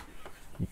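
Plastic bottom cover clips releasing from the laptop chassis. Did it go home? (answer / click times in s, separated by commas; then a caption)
released / 0.3 s. The plastic bottom cover of a laptop is pried off slowly along its edge with a fingernail or credit card, and its retaining clips pop loose one by one from the chassis with little snap-crackle sounds. A clip snaps at 0.3 s, and the cover comes off easily.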